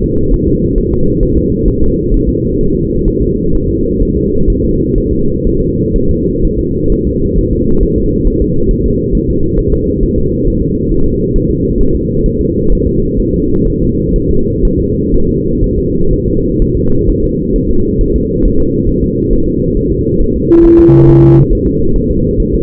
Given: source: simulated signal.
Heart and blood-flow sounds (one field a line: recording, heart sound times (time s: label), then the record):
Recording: fetal heart sounds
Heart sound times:
0.04 s: S2
0.34 s: S1
0.48 s: S2
0.78 s: S1
0.93 s: S2
1.23 s: S1
1.38 s: S2
1.68 s: S1
1.83 s: S2
2.14 s: S1
2.29 s: S2
2.61 s: S1
2.75 s: S2
3.08 s: S1
3.22 s: S2
3.55 s: S1
3.70 s: S2
4.02 s: S1
4.17 s: S2
4.50 s: S1
4.65 s: S2
4.98 s: S1
5.13 s: S2
5.47 s: S1
5.61 s: S2
5.96 s: S1
6.10 s: S2
6.45 s: S1
6.59 s: S2
6.92 s: S1
7.07 s: S2
7.38 s: S1
7.53 s: S2
7.83 s: S1
7.98 s: S2
8.27 s: S1
8.42 s: S2
8.71 s: S1
8.86 s: S2
9.15 s: S1
9.30 s: S2
9.59 s: S1
9.74 s: S2
10.03 s: S1
10.18 s: S2
10.47 s: S1
10.62 s: S2
10.92 s: S1
11.06 s: S2
11.36 s: S1
11.51 s: S2
11.81 s: S1
11.95 s: S2
12.26 s: S1
12.41 s: S2
12.72 s: S1
12.87 s: S2
13.19 s: S1
13.34 s: S2
13.67 s: S1
13.82 s: S2
14.16 s: S1
14.31 s: S2
14.65 s: S1
14.80 s: S2
15.14 s: S1
15.29 s: S2
15.64 s: S1
15.78 s: S2
16.13 s: S1
16.28 s: S2
16.62 s: S1
16.77 s: S2
17.10 s: S1
17.24 s: S2
17.56 s: S1
17.71 s: S2
18.01 s: S1
18.16 s: S2
18.45 s: S1
18.60 s: S2
18.89 s: S1
19.04 s: S2
19.33 s: S1
19.48 s: S2
19.77 s: S1
19.92 s: S2
20.21 s: S1
20.36 s: S2
20.65 s: S1
20.80 s: S2
21.09 s: S1
21.24 s: S2
21.53 s: S1
21.67 s: S2
21.96 s: S1
22.11 s: S2
22.40 s: S1
22.55 s: S2
From the record:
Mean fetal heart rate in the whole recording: 130 bpm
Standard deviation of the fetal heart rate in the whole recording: 4 bpm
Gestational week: 38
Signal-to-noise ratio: -16.4 dB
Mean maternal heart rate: 72 bpm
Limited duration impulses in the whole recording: present